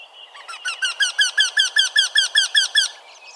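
Eurasian wryneck with a rapid, evenly spaced string of loud nasal 'pee' notes, each slightly bent in pitch, about a dozen in under three seconds.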